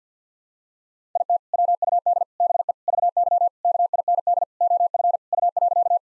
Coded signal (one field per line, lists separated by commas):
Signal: Morse code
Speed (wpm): 50 wpm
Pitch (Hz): 700 Hz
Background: none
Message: IT WUD BE VY KIND OF U.